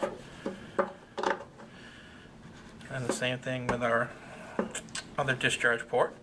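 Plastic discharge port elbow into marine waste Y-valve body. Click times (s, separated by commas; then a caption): 0.8 s. A rotatable plastic discharge port elbow, sealed by an O-ring, is pushed back onto a Jabsco 45490-1000 marine waste Y-valve body after the ports are swapped. It snaps home with a sharp click at 0.8 s, and further short clicks and knocks follow as someone talks. The port is seated.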